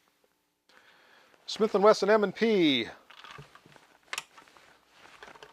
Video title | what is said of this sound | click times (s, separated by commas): Onnais Defender Pro Gun Lock | No problem securing it in | 4.1 s